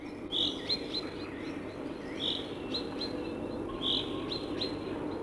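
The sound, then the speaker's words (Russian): A chaffinch repeats its short, plaintive rain call every couple of seconds, a high thin note with fainter chirps trailing after, over a steady low rushing background. “Так грустно начинает зяблик рюмить обычно перед дождем.”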